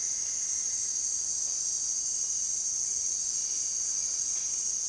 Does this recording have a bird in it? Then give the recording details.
no. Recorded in dense forest near Puerto Asís, Putumayo, Colombia, on 18 February 2024 at 17:30. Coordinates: 0.466, -76.327. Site G6413